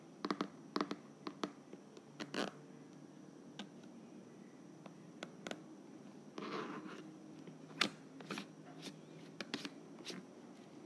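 A lid is unscrewed in a series of sharp clicks and scrapes, clustered early and late, over a steady low hum with a brief rasp mid-clip.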